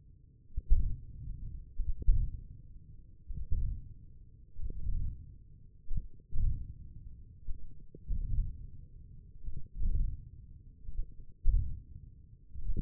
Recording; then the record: forearm muscle sounds (acoustic myography)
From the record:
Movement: hand opening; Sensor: system 1, eight BSWA MPA416 microphones around the upper forearm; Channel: 1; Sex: male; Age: 28 years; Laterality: right